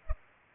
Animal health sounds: mosquito wingbeat signal from an infrared sensor; Culex pipiens

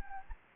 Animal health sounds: mosquito wingbeat signal from an infrared sensor; Anopheles gambiae

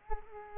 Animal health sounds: mosquito wingbeat signal from an infrared sensor; Culex quinquefasciatus

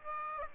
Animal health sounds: mosquito wingbeat signal from an infrared sensor; Aedes aegypti

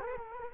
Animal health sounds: mosquito wingbeat signal from an infrared sensor; Culex quinquefasciatus

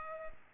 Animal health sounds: mosquito wingbeat signal from an infrared sensor; Culex pipiens

